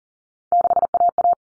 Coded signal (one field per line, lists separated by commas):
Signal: Morse code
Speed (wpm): 40 wpm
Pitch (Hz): 700 Hz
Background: none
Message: 6AA